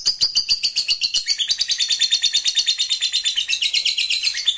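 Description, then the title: Lovebird song: a fast, continuous, high twittering chatter of rapid pulsed notes, slightly dropping in pitch after the first second and then running on steadily. "Suara Lovebird"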